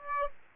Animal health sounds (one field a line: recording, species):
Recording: mosquito wingbeat signal from an infrared sensor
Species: Aedes aegypti